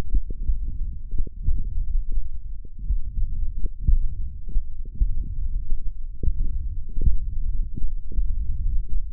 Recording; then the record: forearm muscle sounds (acoustic myography)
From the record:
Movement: finger pinch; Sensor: system 1, eight BSWA MPA416 microphones around the upper forearm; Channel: 5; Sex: male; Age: 21 years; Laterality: right